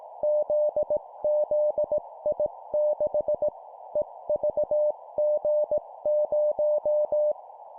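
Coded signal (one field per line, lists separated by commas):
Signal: Morse code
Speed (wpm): 18 wpm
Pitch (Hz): 600 Hz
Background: none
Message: ZZI6 EVG0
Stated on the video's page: 17 wpm Morse course drill of four-character groups: three letters and a number.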